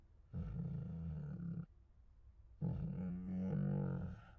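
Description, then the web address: Tiger groans, two long low rumbling moans with dense harmonics, each lasting over a second, separated by a short pause. Hungry tiger; groans and moans. "Sound Ideas Tigers"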